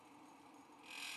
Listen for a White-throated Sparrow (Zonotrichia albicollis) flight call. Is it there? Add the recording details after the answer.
no. No flight call is heard. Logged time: 08:50 on 5 December 2014